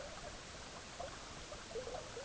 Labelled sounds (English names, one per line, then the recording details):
Lapland Longspur
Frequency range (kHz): Lapland Longspur 2.0-3.9 kHz
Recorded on Arctic tundra, site EABA-MC, on 18 June 2019
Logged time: 10:00